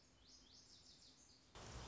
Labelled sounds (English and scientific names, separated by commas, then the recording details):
Lazuli Bunting (Passerina amoena)
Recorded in Sonoma County, California